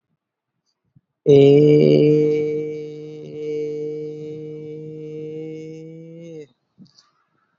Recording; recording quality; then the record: sustained vowel as in made; excellent, no background noise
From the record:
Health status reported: healthy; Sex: male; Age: 20 years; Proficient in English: yes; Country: India